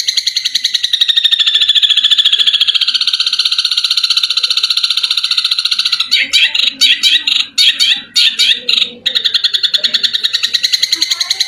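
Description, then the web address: Long-tailed shrike song: a long, steady, rapid buzzy trill, broken midway by choppy harsh bursts, then resuming the even trill. Masteran (training recording) of cendet song. "masteran cendet"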